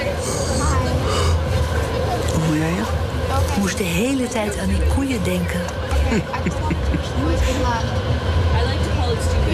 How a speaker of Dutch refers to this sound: We zitten na een vlucht van 11 uur in een zelfrijdende metro aan de andere kant van de wereld